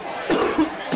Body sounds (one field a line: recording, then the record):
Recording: coughing mixed with background sound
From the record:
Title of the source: Coughing 77